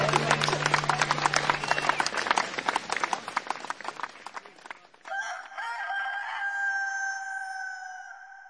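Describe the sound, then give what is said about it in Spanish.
A flurry of rapid, noisy scratching and flapping with clucks gives way to a single long, strained rooster crow that holds a steady high pitch until the end. “era difícil encontrar algún criador del valle dispuesto a enfrentar cualquiera de sus gallos más valientes y audaces con nuestro Carmelo.”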